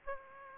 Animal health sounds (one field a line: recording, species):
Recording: mosquito wingbeat signal from an infrared sensor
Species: Aedes aegypti